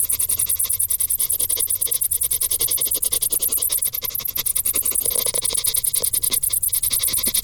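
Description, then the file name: Crickets chirping continuously, fast high pulses forming an unbroken shrill trill over soft low background noise. "Grillen"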